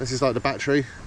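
A CR 3032 coin-cell battery is handled while being put back into the battery holder of an electronic bicycle shifter/derailleur as someone talks. Nothing has seated or clicked yet; the battery is not yet locked in place.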